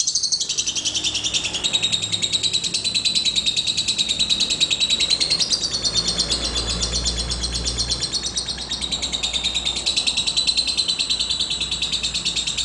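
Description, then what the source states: Lovebird song of fast, buzzy high chirps running steadily without a break, with faint low rumbling underneath. Lovebird named Putri Mentaya.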